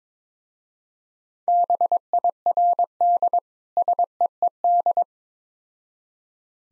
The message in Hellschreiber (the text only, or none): none